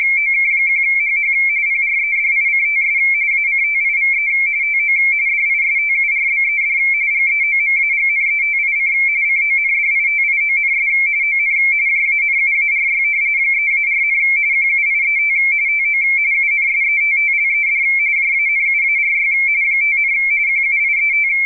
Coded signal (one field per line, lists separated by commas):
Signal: RTTY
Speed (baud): 45.45 baud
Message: OK1HH PREDICTS ACTIVE TO DISTURBED GEOMAGNETIC CONDITIONS ON JANUARY 3-4, QUIET TO UNSETTLED JANUARY 5, QUIET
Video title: Radioteletype Spectral Images